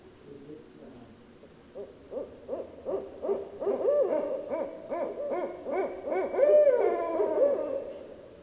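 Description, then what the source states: Barred owl hooting: a quickening series of short arched hoots that builds to longer, drawn-out wavering hoots. Recorded on 15 December 2012.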